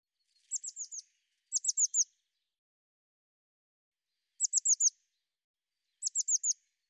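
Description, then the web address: Bird giving bright, high phrases of three or four rapid falling notes, two close together, then two more after a pause. "cianscape birddata Deverinetal 2025 File cleaned normalized Bird Cy Ca"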